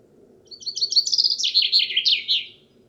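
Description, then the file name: Common chaffinch singing one bright phrase, a rapid series of notes dropping in pitch and ending in a quick flourish, over low background noise. "Fringilla coelebs"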